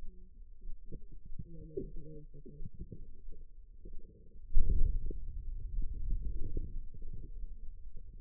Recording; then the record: forearm muscle sounds (acoustic myography)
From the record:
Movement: hand closing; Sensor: system 2, bracelet of six BSWA MPA416 microphones around the upper forearm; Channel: 4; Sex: female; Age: 25 years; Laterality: right